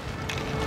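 The flip lid on a metal Disney Resort refillable mug is closed after water is poured from the mug onto plants to show its seal. A sharp click at 0.3 s marks the lid latching shut, with a steady low background throughout. The lid is seated and closed.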